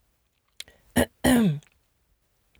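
A brief throaty burst, then a short voiced grunt falling in pitch: a vocal tic of Tourette syndrome in an adult woman, now subclinical. The tic comes in two parts that both must be done; this is the first part. She also has eye-rolling, eye-blinking and throat-clearing tics.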